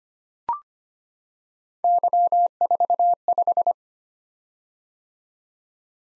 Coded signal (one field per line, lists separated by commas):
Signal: Morse code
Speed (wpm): 25 wpm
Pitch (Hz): 700 Hz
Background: none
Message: Y45